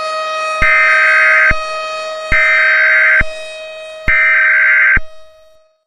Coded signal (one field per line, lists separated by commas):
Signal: Emergency Alert System (SAME) tones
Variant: header bursts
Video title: EAS Scenario #8: Light's Rampage pt II; The Derailment/The Beginning Of The Best Part